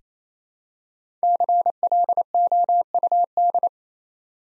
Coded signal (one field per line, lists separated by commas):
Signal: Morse code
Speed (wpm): 27 wpm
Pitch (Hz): 700 Hz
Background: none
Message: CLOUD